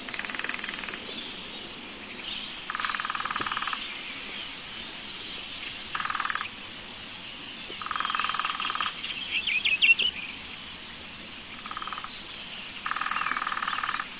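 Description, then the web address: Lesser spotted woodpecker: repeated bursts of fast, ringing pulsed notes, each up to about a second long, returning every few seconds, with brief high chirps from another bird. "chants Pic epeichette"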